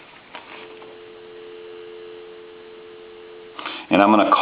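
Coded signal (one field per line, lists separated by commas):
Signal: telephone call progress tone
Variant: North America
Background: speech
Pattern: dial tone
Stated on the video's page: Tone on a Western Electric 2554 mini wall telephone during final checkout after repair.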